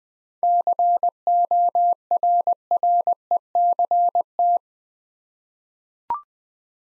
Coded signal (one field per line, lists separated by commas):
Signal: Morse code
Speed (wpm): 20 wpm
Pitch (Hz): 700 Hz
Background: none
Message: CORRECT